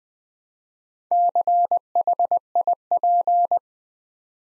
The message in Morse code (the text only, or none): CHIP